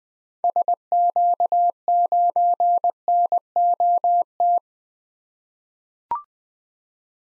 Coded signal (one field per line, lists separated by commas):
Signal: Morse code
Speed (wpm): 21 wpm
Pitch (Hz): 700 Hz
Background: none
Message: SQ9NOT